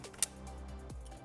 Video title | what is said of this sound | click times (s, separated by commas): Protect Your 2024 Mustang's Engine with an Oil Catch Can From UPR! | Once you hear it click, you know it's in. | 0.2 s